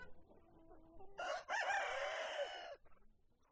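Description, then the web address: Chicken crowing: one rooster gives a single rough, drawn-out crow lasting about a second and a half, with faint clucks before and after. Hens and roosters at a poultry farm. "granja avicola sonidos de gallinas y gallos"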